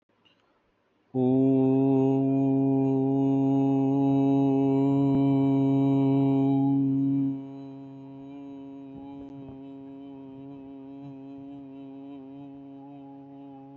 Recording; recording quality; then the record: sustained vowel as in boot; excellent, no background noise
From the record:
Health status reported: healthy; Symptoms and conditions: none ticked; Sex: male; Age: 23 years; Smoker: not ticked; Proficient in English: yes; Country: India